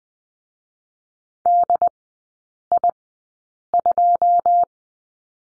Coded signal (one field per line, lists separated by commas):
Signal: Morse code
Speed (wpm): 20 wpm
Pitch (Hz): 700 Hz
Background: none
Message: DI2